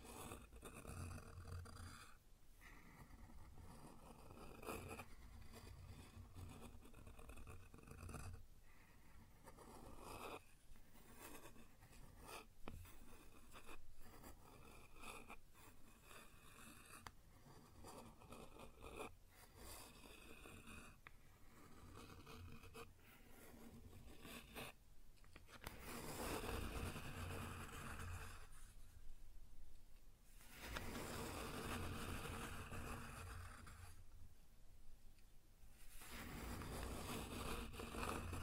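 Tapping and scratching on a wooden surface: dry, irregular taps come in quick clusters through the first half, with rough scraping strokes between them. After about 25 seconds the sound turns into longer, louder rubbing passes. A low hum runs underneath throughout.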